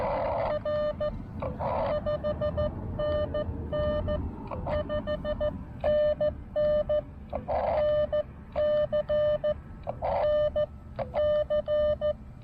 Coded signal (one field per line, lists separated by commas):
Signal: Morse code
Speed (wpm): 14 wpm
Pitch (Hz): 590 Hz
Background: none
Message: R 5NN 5NN NC NC